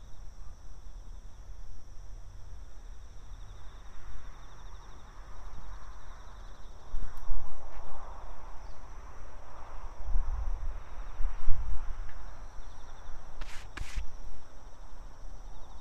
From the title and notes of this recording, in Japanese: 台風が南遠くから近づいてきている。曇り空の空気の少し重たい夕暮れ。虫や鳥が鳴き、遠くで車が行き交い電車が時折通る。